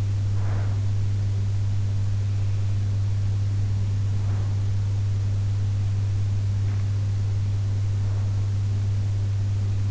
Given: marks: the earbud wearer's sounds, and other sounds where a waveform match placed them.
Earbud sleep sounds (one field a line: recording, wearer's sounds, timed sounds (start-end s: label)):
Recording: sounds in sleep by an in-ear microphone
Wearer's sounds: breath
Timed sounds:
0.00-1.04 s: breath